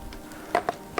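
A battery is being fitted onto the battery mount of a reflector film light unit so it can run on battery power. A few short plastic knocks and handling taps sound against a quiet background, with sharper taps near 0.6, 0.7 and 1.0 seconds. Nothing has seated or clicked yet.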